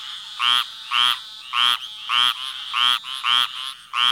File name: squirrel treefrog